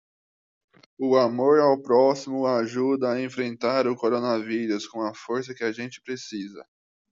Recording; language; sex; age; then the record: spoken sentence; Brazilian Portuguese; male; 20 to 29 years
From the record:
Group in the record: control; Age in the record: 29 years